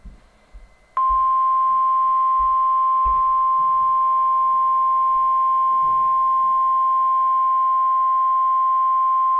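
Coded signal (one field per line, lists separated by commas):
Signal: Emergency Alert System (SAME) tones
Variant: 1050 Hz attention tone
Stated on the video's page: Required Weekly Test received from weather radio station KIH-35.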